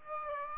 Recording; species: mosquito wingbeat signal from an infrared sensor; Aedes aegypti